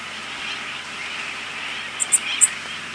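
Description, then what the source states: Worm-eating warbler call notes: three short, very high chips in quick succession near the end, over a steady background hiss. Flight calls.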